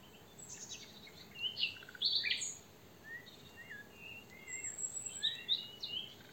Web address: SETE Luscinia megarhynchos